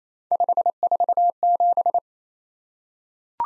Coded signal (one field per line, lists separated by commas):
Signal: Morse code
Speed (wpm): 28 wpm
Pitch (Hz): 700 Hz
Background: none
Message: 547